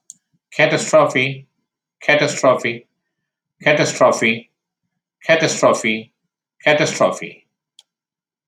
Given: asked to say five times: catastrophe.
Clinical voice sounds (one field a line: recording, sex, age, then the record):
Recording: repeated word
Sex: male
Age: 60 to 69 years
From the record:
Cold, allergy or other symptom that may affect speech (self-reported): no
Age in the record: 64 years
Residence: California, United States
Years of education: 18